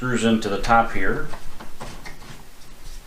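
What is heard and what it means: Someone talks while handling the plastic pump handle of an iK 9 foam sprayer, which is being screwed into the top of the sprayer, with faint handling noises under the voice. The handle has not yet been closed and locked, and nothing has seated or clicked yet.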